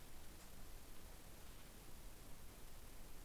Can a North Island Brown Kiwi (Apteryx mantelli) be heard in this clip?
no